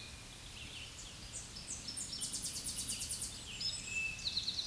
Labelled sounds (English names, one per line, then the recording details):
Tennessee Warbler song
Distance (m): 20 m
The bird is about level with the microphone
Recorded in a Pennsylvania forest on 16 May 2024 at 07:45
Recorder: AudioMoth, point MSD-0178
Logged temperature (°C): 15.3 °C
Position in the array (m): 82 m, 73 m